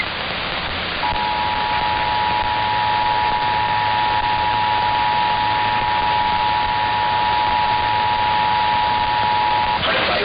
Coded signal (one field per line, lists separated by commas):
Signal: Emergency Alert System (SAME) tones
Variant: 853 and 960 Hz attention tone